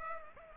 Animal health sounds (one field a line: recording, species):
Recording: mosquito wingbeat signal from an infrared sensor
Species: Culex pipiens